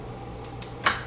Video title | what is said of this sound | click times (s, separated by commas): How to install RAM (memory) in a PC | hear a click and it's in as simple as that | 0.9 s